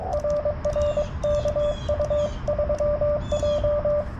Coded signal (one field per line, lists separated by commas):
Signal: Morse code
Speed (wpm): 22 wpm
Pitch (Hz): 590 Hz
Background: radio noise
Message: RR KU3J